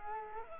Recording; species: mosquito wingbeat signal from an infrared sensor; Culex quinquefasciatus